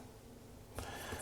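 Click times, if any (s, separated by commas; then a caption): 0.8 s. A snowmobile key piece is pushed into the plastic E-LinQ key and visor power accessory housing on a Ski-Doo Gen 5. After a quiet stretch, a single sharp snap lands at 0.8 s, followed by faint handling noise. The key part snaps into the housing and is seated.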